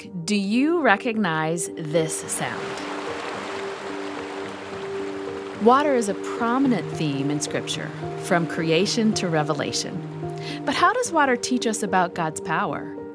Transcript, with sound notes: do you recognize this sound? (running water) Water figures prominently in Scripture—from creation to Revelation. But how does water teach us about God's power?